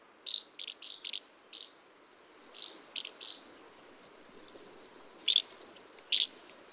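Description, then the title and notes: Common house martin uttering short, high, scratchy chirps, some in quick pairs or triplets, spaced irregularly, with two louder notes near the end over a steady background hiss. Calls during migration; diurnal migrant, possibly also nocturnal, migrating singly or in small loose flocks, usually not very vocal. "Common House Martin Delichon u. urbicum. Prignitz, Germany, Mathias Putze"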